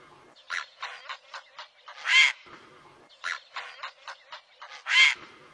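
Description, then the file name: Great blue heron producing harsh, buzzy squawks, two loud drawn-out blasts about three seconds apart with softer scratchy notes between them. "Canto do garca azul grande"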